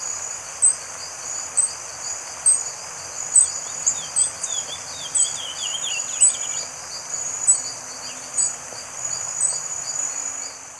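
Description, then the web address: Wedge-billed Hummingbird calls, very high thin ticking notes repeated about once a second, with other birds twittering lower and a steady insect whine behind. Recorded in Ecuador. "Birds of Ecuador. Wedge-billed Hummingbird"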